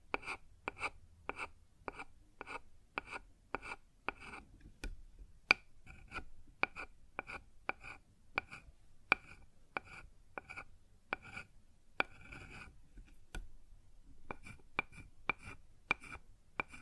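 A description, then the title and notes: Sharp knocks on a wooden surface repeat at a fairly steady pace, about two or three per second, each crisp and bright with a short ring. A few louder, sharper hits stand out near 5, 12 and 13 seconds, and a soft low rumble runs underneath. ASMR Sounds on Wooden Surface (No Talking).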